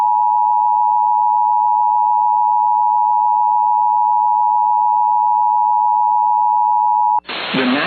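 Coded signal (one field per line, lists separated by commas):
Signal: Emergency Alert System (SAME) tones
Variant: 853 and 960 Hz attention tone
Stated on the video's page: Compilation of Oklahoma alerts, the maker's own personal captures.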